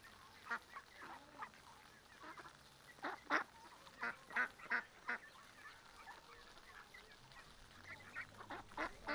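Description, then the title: Mallards quacking in short bursts, a run of louder quacks in the middle, with water noise throughout. Sunday afternoon at a small river in a park, Griñón, Madrid, Spain; adults, half-grown and small ducklings with mothers; excited when fed, young begging for food; small cascades, fountain; Zoom H1n recorder. "Paseo de la Senda, 34, 28971 Griñón, Madrid, España - Tarde en el parque del río con patos. patos griñon"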